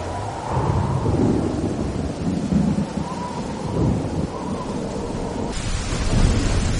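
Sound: thunderstorm with heavy rain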